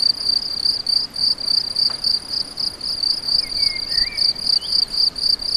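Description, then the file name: Cricket song of rapid shrill pulses repeated in short regular bursts, with a few soft sliding whistles behind. Several crickets; recorded on an MZ-N710; dated 7 05 14. "MZ-N 710 Grillons 7 05 14"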